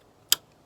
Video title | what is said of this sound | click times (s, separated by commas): How to replace the high pressure fuel pump on an R56 Mini Cooper S (n14 or n18) | and then go ahead and hook up your low pressure line which just slides on you'll hear it click | 0.3 s